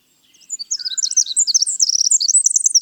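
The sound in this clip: Winter wren song, a fast, high-pitched jumble of bubbling trills and sharp notes, with a faint lower whistle underneath early on.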